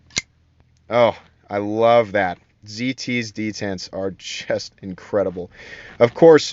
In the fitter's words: into position, and it rides so smoothly on those bearings and makes this ultra satisfying noise when it locks into place.